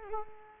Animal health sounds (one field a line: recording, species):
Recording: mosquito wingbeat signal from an infrared sensor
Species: Culex quinquefasciatus